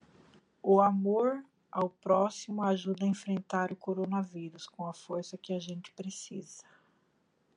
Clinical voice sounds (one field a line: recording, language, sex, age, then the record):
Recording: spoken sentence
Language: Brazilian Portuguese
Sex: female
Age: 50 to 59 years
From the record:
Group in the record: control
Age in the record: 53 years